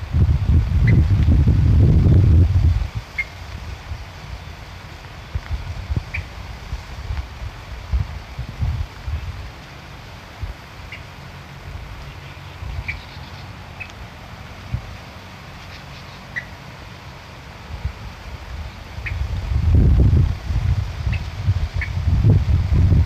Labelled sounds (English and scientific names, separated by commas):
Little Crake (Porzana parva) call